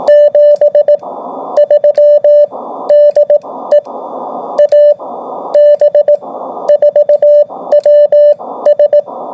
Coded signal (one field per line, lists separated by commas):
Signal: Morse code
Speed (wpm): 18 wpm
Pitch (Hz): 590 Hz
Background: radio noise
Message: 7 3 DE AB4WS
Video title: AB4WS RADIO SHOW 2025 08 22